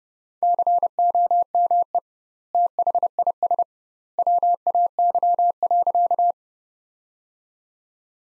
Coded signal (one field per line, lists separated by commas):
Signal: Morse code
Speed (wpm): 32 wpm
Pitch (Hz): 700 Hz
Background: none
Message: COME THIS WAY.